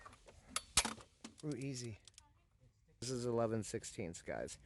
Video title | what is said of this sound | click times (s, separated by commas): WERE CHANGING THE OIL IN OUR 1997 BMW Z3 1.9L | Yep, and then just go until it clicks. | 0.6 s, 0.8 s